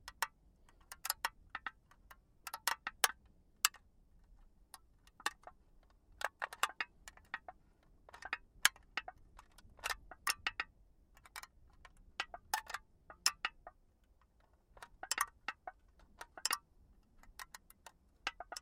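Empty aluminum cans are handled, giving irregular bright clicks and tinny taps in loose clusters throughout, over a faint low rumble.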